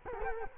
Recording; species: mosquito wingbeat signal from an infrared sensor; Culex quinquefasciatus